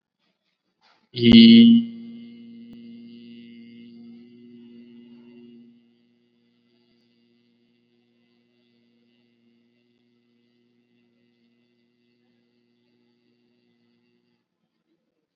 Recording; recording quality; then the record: sustained vowel as in beet; excellent, no background noise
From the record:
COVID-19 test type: RT-PCR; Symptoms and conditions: cough, sore throat, fever, fatigue, muscle pain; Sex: male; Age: 21 years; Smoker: no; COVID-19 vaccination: both doses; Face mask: worn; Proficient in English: yes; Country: India